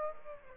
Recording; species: mosquito wingbeat signal from an infrared sensor; Aedes aegypti